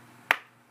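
A plastic cap is pressed onto the tubing fitting of an Ameda Purely Yours Ultra breast pump, over the rubber piece. A single sharp, bright click sounds at 0.3 s against a quiet background and fades within about a tenth of a second. The cap seats on the fitting.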